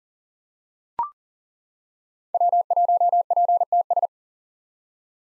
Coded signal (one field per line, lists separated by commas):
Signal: Morse code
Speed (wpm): 40 wpm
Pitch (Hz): 700 Hz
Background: none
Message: W1PTS